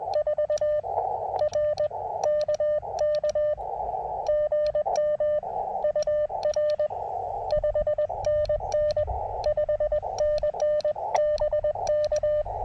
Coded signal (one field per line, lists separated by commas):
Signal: Morse code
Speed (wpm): 20 wpm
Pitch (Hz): 590 Hz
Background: none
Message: 4 RKK GM UR 5NN 5NN BK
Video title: A little unplanned CW POTA at K-2099